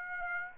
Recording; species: mosquito wingbeat signal from an infrared sensor; Aedes aegypti